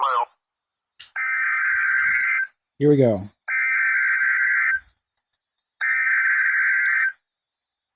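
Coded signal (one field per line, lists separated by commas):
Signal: Emergency Alert System (SAME) tones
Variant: header bursts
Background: speech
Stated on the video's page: Severe thunderstorm alert for Arkansas from a NOAA weather radio station; earlier alert only partly caught.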